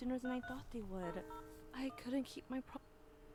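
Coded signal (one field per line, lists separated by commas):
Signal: DTMF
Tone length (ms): 100 ms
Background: speech, music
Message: 3 01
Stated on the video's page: Heard in the game Memoranda, played on PlayStation 5.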